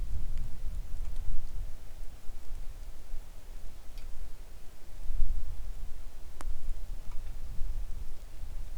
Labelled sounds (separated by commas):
wind, rain